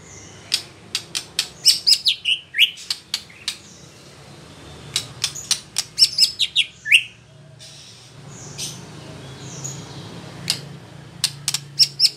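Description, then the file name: White-rumped shama calls: dry, sharp ticks and clicks in loose bursts, with a few brief high chirps among them and a soft low hum underneath. Female. "murai batu betina"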